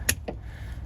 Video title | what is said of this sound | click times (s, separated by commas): Top Mod 10th gen Civic Under $20 [Make's it Look WAY better!] | good click so that's in | 0.1 s